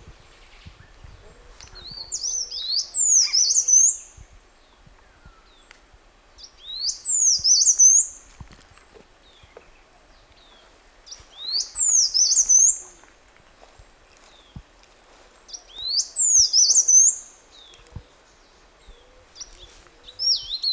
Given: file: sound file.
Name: Rote Leaf Warbler Song